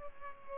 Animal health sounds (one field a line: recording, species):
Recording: mosquito wingbeat signal from an infrared sensor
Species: Culex pipiens